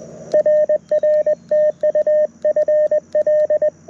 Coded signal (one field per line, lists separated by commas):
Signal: Morse code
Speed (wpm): 20 wpm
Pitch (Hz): 590 Hz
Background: radio noise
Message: RR TU FL